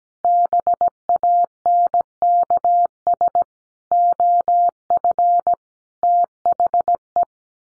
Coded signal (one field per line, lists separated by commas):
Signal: Morse code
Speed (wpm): 17 wpm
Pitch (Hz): 700 Hz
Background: none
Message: BANKS OF THE